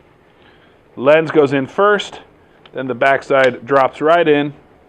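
A camera fitted with its tripod quick-release plate is being set into the tripod head clamp, lens side first with the back side dropped in. Someone talks throughout over a quiet background. Nothing has seated or clicked yet.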